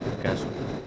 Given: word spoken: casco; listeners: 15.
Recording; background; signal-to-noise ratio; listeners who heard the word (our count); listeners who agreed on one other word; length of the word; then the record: one Spanish word in noise, from a listening test; noise modulated by three-talker babble; -3.6 dB; 2 of 15; 10 of 15; 0.47 s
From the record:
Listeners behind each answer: 10, 2, 1, 1, 1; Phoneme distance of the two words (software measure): 7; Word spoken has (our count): 2 syllables, 5 phonemes, stress on syllable 1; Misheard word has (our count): 2 syllables, 4 phonemes, stress on syllable 1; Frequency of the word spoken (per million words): 15.83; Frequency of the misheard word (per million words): 635.68